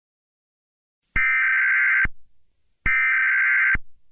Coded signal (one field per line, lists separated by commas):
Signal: Emergency Alert System (SAME) tones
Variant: header bursts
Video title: EAS Scenario #6: Vaults' Awakening